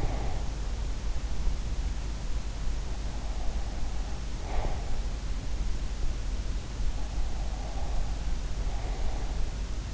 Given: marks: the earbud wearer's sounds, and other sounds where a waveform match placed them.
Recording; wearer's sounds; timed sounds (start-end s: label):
sounds in sleep by an in-ear microphone; breath
0.00-0.50 s: breath
4.40-4.90 s: breath